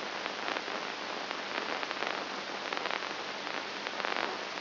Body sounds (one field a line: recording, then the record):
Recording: brain microelectrode recording played as sound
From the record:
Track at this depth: inside the subthalamic nucleus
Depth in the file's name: 3.301 mm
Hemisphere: right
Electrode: 2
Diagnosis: Parkinson's disease